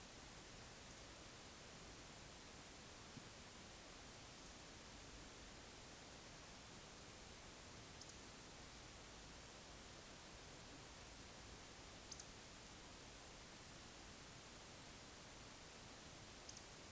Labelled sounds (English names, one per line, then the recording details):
Eurasian Woodcock whistle
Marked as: whistle, whistle, whistle, whistle, whistle
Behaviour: display flight
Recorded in Baden-Württemberg, Germany, on 11 June 2021 at 20:30 UTC
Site 24606, 635 m above sea level